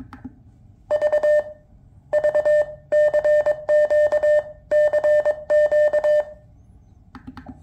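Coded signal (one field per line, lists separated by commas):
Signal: Morse code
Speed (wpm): 22 wpm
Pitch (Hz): 600 Hz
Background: none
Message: V V CQ CQ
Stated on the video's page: CW from the QMX transceiver, comparing key-click thump between two firmware versions.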